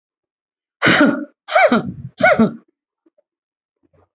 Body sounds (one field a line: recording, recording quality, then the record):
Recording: heavy voluntary cough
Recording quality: excellent, no background noise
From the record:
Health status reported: healthy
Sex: female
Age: 56 years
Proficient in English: yes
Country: India